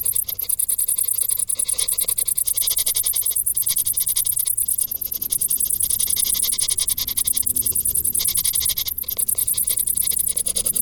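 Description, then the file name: Cricket calling in rapid, high-pitched pulses, almost continuous throughout. "Grillen"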